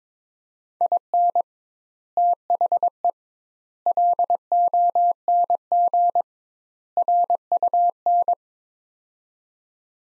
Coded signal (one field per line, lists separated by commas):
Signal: Morse code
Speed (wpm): 22 wpm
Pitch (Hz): 700 Hz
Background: none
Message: IN THE LONG RUN